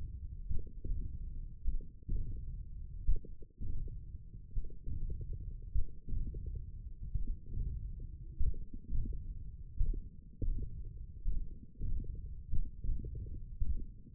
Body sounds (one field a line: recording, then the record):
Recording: forearm muscle sounds (acoustic myography)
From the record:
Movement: hand opening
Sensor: system 1, eight BSWA MPA416 microphones around the upper forearm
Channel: 1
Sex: male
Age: 42 years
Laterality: right